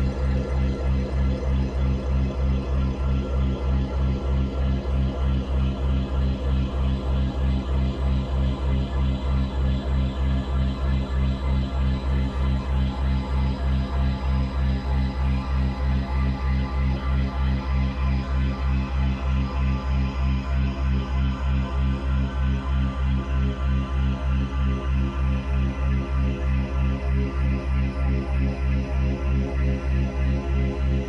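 A full-spectrum binaural tone built on C# at 65.4 Hz with a 3.2 Hz delta beat. A deep, unchanging drone with a dense stack of overtones rising into hiss, pulsing softly and evenly throughout at constant loudness.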